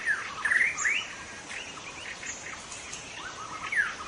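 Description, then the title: White-rumped shama song of loud, sweeping rising whistles and brief notes, over a constant background hiss. Wild white-rumped shama singing in forest; local name murai batu hutan. "Suara burung murai batu hutan"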